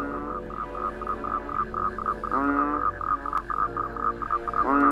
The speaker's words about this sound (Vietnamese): Phía dưới sâu, tiếng ếch nhái ỉ õm vang lên đến não cả ruột.